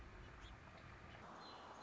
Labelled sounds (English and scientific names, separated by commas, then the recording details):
Song Sparrow (Melospiza melodia)
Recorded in Sonoma County, California